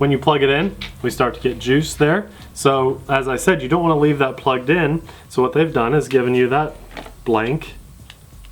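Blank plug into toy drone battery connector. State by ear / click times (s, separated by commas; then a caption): not seated / none. A supplied blank plastic plug is handled at the battery socket of a Star Wars X-wing toy drone after the battery lead has been unplugged, while someone talks throughout. A few faint, short handling ticks come near the end, around 8.1 s and 8.5 s, but nothing has seated or clicked into the socket yet.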